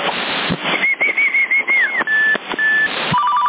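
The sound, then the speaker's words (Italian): A high whistle tone on a CB radio in Sassari warbles in short wavering bursts, then holds two steady notes over a hiss of radio static, ending with a few quick, lower beeping pips. “Avanti il fischio, chi è?”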